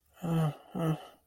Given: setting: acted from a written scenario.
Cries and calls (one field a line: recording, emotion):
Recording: vocal sound without words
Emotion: distress